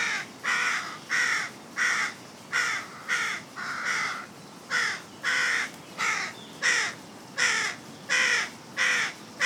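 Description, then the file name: Carrion crow giving a rapid series of harsh caws, about fourteen in a row, each short and raspy with little pause between them. "Corvus corone"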